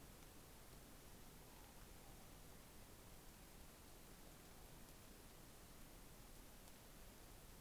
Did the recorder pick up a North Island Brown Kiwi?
no